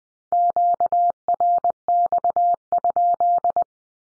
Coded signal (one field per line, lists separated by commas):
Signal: Morse code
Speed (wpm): 20 wpm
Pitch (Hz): 700 Hz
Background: none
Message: QRX?